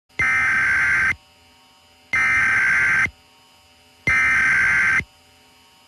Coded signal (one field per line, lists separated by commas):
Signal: Emergency Alert System (SAME) tones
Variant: header bursts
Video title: 2011 National EAS Test Explained